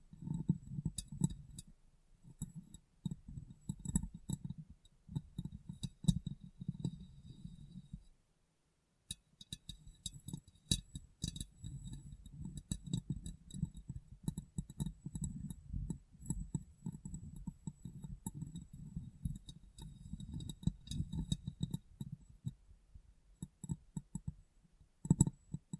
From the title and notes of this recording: ASMR Glass Brain Tapping & Cleaning (No Talking).